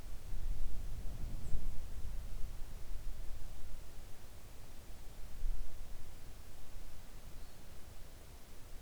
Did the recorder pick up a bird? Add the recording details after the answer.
yes. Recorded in the Arctic National Wildlife Refuge, Alaska, on 3 August 2019 at 06:08. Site 41